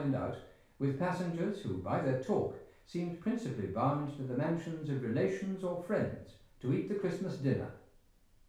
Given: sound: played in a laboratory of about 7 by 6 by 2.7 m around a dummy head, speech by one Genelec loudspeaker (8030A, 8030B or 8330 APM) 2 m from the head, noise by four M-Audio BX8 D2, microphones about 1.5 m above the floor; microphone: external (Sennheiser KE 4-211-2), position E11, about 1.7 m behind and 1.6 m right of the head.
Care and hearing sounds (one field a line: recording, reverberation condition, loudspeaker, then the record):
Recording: male speech in English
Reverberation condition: medium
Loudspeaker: behind (180 degrees)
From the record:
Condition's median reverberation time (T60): about 510 ms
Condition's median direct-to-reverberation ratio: about -0.5 dB